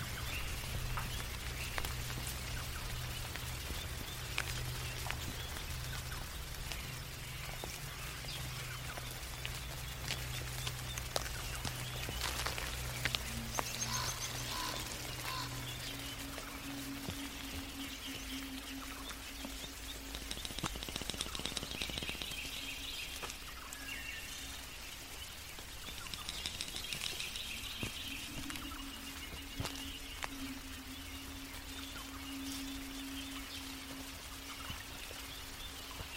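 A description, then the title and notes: Raindrops tick steadily on leaves, with scattered sharper drips throughout. A low hum runs through the first half, then gives way to a steady mid-pitched drone that drops out briefly past twenty seconds. Faint high bird or insect chirps surface around 13, 21 and 28 seconds. Mystic forest asmr ambience. Birds/insects. Raindrops on tree.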